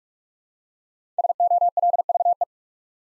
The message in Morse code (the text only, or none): SOLVE